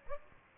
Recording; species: mosquito wingbeat signal from an infrared sensor; Aedes aegypti